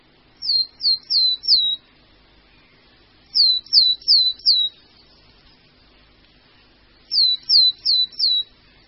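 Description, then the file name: Marsh tit song in three bouts, each of four clear, downslurred high notes, the bouts a few seconds apart. "Sýkora-babka"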